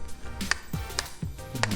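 The earcup fold hinge on the headband of a TaoTronics BH047 ANC wireless headphone is folded and unfolded again to demonstrate its detent. Three sharp, bright clicks come at 0.5, 1.0 and 1.6 s, with softer handling thumps around them, showing the hinge snapping into its detent positions.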